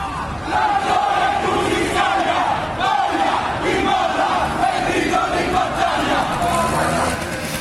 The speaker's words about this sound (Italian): A me fa ridere dei ragazzini idioti, dicono boia chi molla, che era il grido di battaglia ai tempi di Reggio Calabria degli anni 70, di Ciccio Franco, non sanno nemmeno cos'è, non erano nemmeno nati